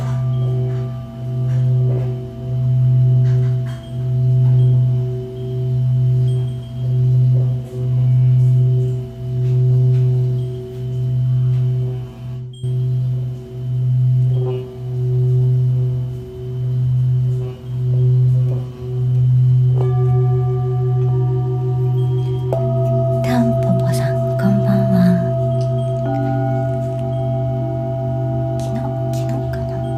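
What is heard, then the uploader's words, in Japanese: A Tibetan singing bowl hums low and steadily with a regular slow pulsing wobble, then near twenty seconds brighter higher tones and light metallic touches join. 夜のシンギングボウルのサウンドヒーリング。チベタンシンギングボウル。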